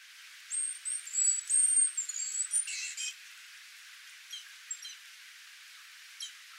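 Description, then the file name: Great tit giving thin, high whistled notes in a rapid run, then a few scattered sharp chips spaced over several seconds against a faint steady hiss. "Parus major"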